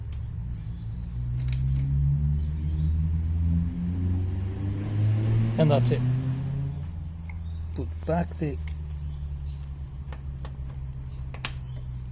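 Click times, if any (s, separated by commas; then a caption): 11.4 s. A spark plug cap (ignition plug cap) is put back over a spark plug on a Suzuki Hayabusa motorcycle during an air filter and spark plug replacement and pressed down. Someone talks over a low steady hum, with a few small knocks and taps toward the end. The cap seats with a sharp click at 11.4 s.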